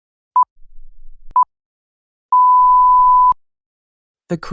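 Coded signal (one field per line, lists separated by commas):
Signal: none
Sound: quiz answer countdown beeps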